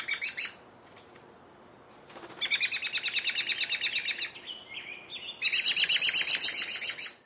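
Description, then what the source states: Bird giving harsh, rapid chattering bursts, the longer ones about two seconds, with a few short whistled notes before the last burst, which is the highest and loudest. Straining bird call, recorded close-up.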